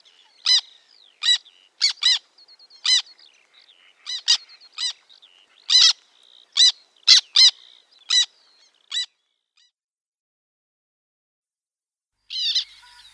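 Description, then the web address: Black tern giving a series of clipped, scratchy, harsh calls, some in doubled bursts, over about nine seconds. Fainter high notes sound in the gaps, and another call comes after a pause. "Schulze Peter Black Tern"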